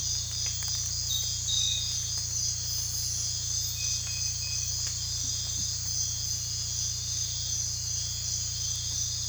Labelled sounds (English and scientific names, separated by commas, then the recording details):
none
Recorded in dense forest near Puerto Asís, Putumayo, Colombia, on 18 December 2024 at 04:30
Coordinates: 0.467, -76.328
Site GP05